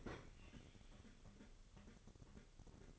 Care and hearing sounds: daily activity, microphone in the room; open fridge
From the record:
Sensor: 4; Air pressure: 1008.6 hPa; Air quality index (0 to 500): 76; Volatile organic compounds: 1 ppm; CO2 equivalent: 634 ppm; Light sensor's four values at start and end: 15/34/14/14 and 13/30/12/12

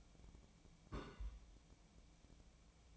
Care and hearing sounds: daily activity, microphone in the room; place on stove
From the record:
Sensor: 1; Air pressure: 1000.0 hPa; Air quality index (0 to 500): 133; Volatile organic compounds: 2 ppm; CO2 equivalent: 1261 ppm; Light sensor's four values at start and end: 37/93/39/48 and 36/92/39/48

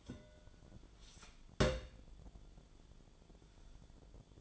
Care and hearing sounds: daily activity, microphone in the room; place on stove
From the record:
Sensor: 5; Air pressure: 1010.1 hPa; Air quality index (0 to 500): 148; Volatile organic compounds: 3 ppm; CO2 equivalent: 1447 ppm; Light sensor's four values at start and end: 247/596/256/282 and 245/596/255/279

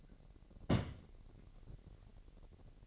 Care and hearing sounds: daily activity, microphone in the room; place on stove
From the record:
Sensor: 4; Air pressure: 1012.8 hPa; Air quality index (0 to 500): 239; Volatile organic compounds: 4 ppm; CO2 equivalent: 1591 ppm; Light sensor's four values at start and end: 27/64/26/25 and 26/63/25/25

